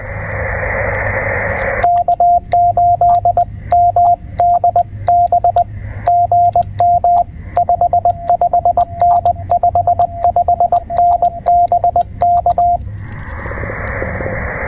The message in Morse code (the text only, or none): K8MDB GM 55N 55N BK